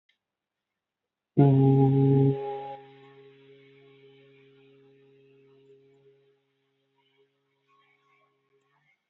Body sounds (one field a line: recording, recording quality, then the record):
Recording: sustained vowel as in boot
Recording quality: excellent, no background noise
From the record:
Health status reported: healthy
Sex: male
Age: 23 years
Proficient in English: yes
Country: India